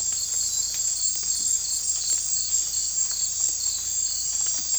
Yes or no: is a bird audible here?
no